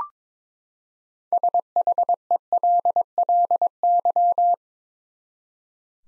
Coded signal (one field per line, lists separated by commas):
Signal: Morse code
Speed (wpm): 22 wpm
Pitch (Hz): 700 Hz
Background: none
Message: SHELLY